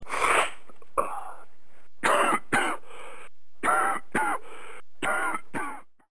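A series of repeated coughs from an adult.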